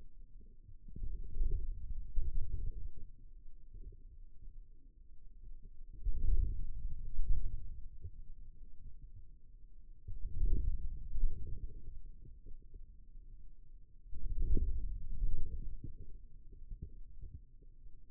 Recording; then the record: forearm muscle sounds (acoustic myography)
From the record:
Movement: inward rotation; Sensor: system 2, bracelet of six BSWA MPA416 microphones around the upper forearm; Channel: 3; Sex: male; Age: 22 years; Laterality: right